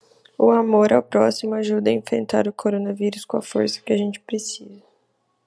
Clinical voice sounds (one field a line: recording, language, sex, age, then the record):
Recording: spoken sentence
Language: Brazilian Portuguese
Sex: female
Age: 20 to 29 years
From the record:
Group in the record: control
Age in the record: 28 years